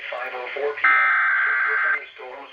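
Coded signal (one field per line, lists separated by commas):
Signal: Emergency Alert System (SAME) tones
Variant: header bursts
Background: speech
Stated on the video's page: Alerts from an enhanced risk severe weather day, including a newly received weather radio station.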